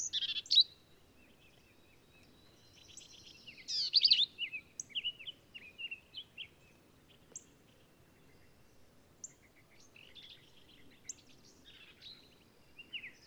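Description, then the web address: Black-capped vireo song: harsh, buzzy phrases mixed with choppy chatter and scattered short squeaky notes, with uneven gaps between them and a quiet background. "birdsongforthecurious Black-capped Vireo"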